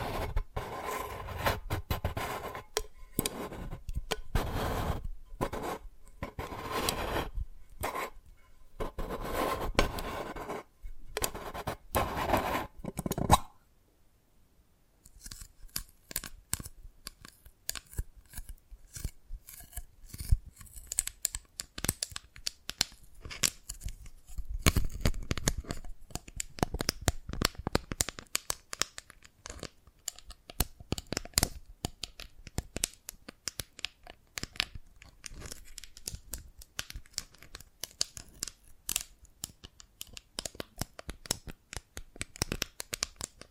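Dalgona candy being tapped and cracked, heard as dense runs of sharp clicks and crisp snaps. The first thirteen seconds are fuller and louder with a ringing tone under the taps, then a brief silence near fourteen seconds before lighter, scattered tapping and scratching continue.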